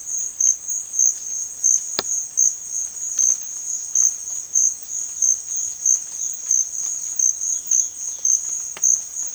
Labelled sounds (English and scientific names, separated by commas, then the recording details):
Chestnut-bellied Seed Finch (Sporophila angolensis)
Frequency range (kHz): Chestnut-bellied Seed Finch (Sporophila angolensis) 2.7-4.6 kHz
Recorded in secondary vegetation near Puerto Asís, Putumayo, Colombia, on 30 June 2025 at 14:00
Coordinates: 0.499, -76.323
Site G077